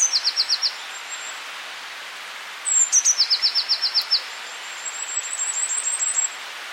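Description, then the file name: Eurasian blue tit song: thin high notes, then a quick trill, heard twice, with a softer thin jingling phrase near the end. "Cyanistes caeruleus"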